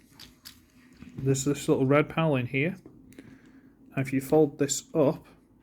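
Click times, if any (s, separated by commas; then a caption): none. Someone talks while handling a Transformers Legacy G2 Laser Optimus Prime Leader Class action figure, folding up a small red plastic panel inside the figure's cab. Only faint plastic handling noises are heard between the speech. Nothing has clicked into place yet.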